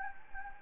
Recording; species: mosquito wingbeat signal from an infrared sensor; Anopheles gambiae